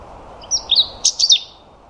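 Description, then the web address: European robin singing short bursts of high, wavering whistled notes and quick twittering phrases above faint steady hiss. "Deverinetal 2025 File origin Bird Only Er Ru"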